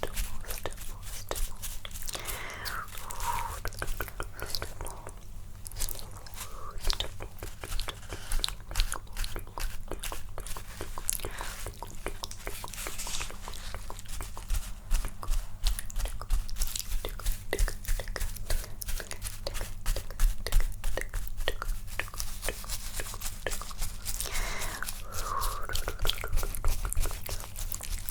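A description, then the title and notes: Mouth sounds with tongue clicking, layered into a dense, continuous stipple of sharp, bright clicks for the whole stretch. The clicks come rapidly and irregularly, thickening a little after the midpoint, over a low steady hum, with a few brief wet, voice-like swells near 3 and 25 seconds. Layered Sounds Stipple (Mouth Sounds, Tongue Clicking).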